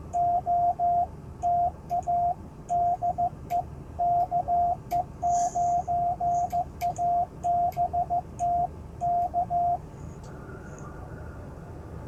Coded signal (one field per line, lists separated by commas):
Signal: Morse code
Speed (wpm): 14 wpm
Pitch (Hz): 700 Hz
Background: radio noise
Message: OTA DE KE9ABT K